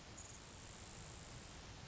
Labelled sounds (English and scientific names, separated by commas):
Grasshopper Sparrow (Ammodramus savannarum)